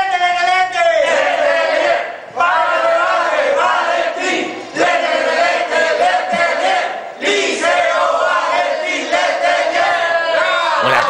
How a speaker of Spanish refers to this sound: por favor, grábennos el grito, y nos mandaron el grito para Alfonso